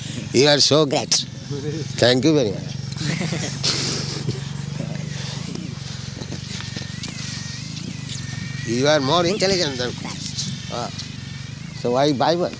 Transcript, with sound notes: You are so great. Thank you very much. [laughter] You are more intelligent than Christ. Oh. So why Bible.